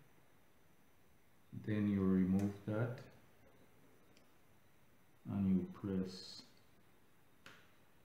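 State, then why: Seated. Someone talks while a flex cable connector is pressed gently onto its board socket inside a Galaxy S6 Edge during a charging port replacement. A short, sharp click is heard at 7.5 s as the connector seats into the socket.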